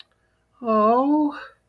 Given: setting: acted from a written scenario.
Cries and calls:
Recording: vocal sound without words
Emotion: adoration

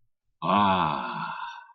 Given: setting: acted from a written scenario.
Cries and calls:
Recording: vocal sound without words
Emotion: awe

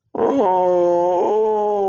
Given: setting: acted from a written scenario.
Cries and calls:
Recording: vocal sound without words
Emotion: sadness

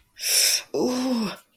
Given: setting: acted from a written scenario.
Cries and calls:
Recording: vocal sound without words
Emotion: pain

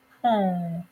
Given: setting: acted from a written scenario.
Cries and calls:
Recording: vocal sound without words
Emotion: sadness

